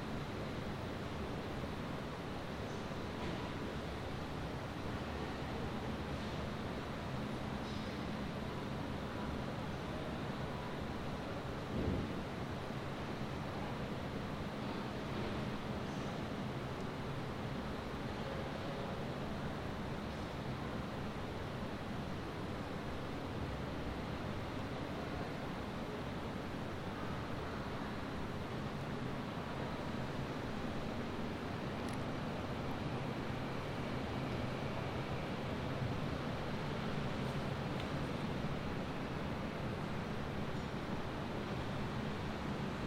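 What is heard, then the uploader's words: Waiting for a train to Rotterdam: a steady, dense rumble of low and middle noise fills the whole stretch with little change in level. Faint brief knocks and clicks surface now and then, with a sharper thump near twelve seconds. Station Hollands Spoor Den Haag. Recorded around 9 o'clock in the morning while waiting for my train to Rotterdam.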